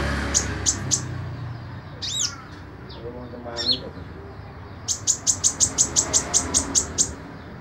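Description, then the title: Small bird chirping: thin high notes, a few swooping squeaks, then a quick, even run of about a dozen sharp chirps. "Burung Kecil"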